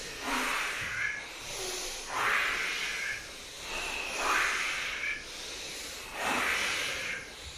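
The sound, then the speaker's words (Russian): Steady, rhythmic breathing during a guided kriya meditation breathing exercise, with forceful, airy breaths in and out, repeating about every one and a half seconds in a hissing, even pattern with no talking. “Дышим, дышим, дышим.”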